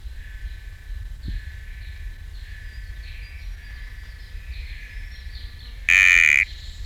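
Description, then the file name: Sticky frog: a single loud ringing note near the end, short and rich in overtones, over a constant high-pitched insect drone. Recorded at Camp IV; genus Kalophrynus, species not identified. "Kalophrynus sp Camp IV"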